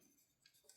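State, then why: Not seated. A small plastic part from a Hexa Gear Bui Tohru Gaifu Kaisei 1/24 scale model kit is pushed into its socket on the figure, giving two faint light ticks at about 0.5 s and 0.7 s. The finicky fit does not lock into place, and nothing has seated or clicked yet.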